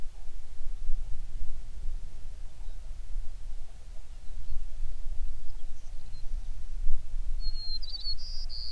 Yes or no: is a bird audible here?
yes